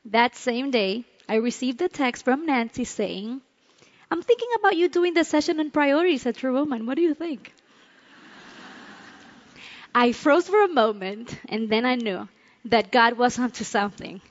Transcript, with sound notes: That same day I received a text from Nancy saying, “I'm thinking about you doing the session on priorities at True Woman. What do you think?” (laughter) I froze for a moment, and then I knew that God was on to something.